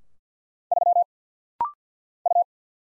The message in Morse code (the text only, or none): 3 U